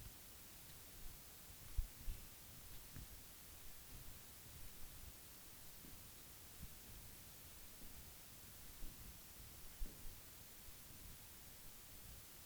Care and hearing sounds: daily activity, guitar pickup as the sensor; jump

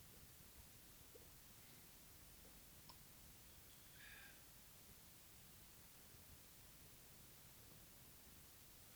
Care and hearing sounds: daily activity, guitar pickup as the sensor; drink water

